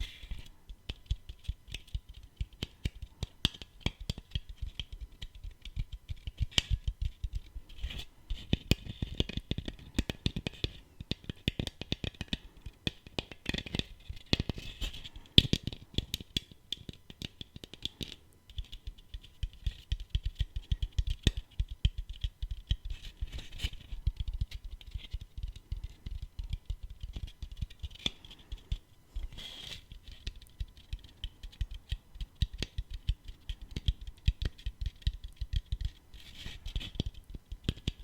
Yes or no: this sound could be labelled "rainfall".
no